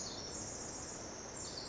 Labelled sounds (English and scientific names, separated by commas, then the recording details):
Pacific Wren (Troglodytes pacificus)
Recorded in Sonoma County, California